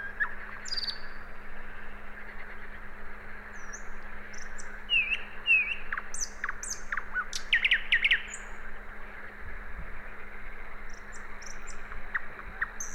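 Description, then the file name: Common nightingale song with varied high whistles, twisting chirps and short clicking runs spread throughout, steady low hum behind. "Luscinia megarhynchos"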